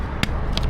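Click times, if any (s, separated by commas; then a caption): 0.2 s, 0.6 s. A HOUCLEMIC TPE all-weather floor mat for a 2024–2026 Hyundai Santa Fe is pushed onto the vehicle's floor retention clip over a steady low background hum. Two sharp clicks sound at 0.2 s and 0.6 s as the mat clip snaps into the floor anchor, and the mat is now attached.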